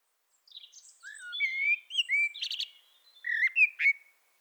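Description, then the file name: Common blackbird singing a phrase of gliding whistles, broken by brief scratchy twitters. "Turdus merula"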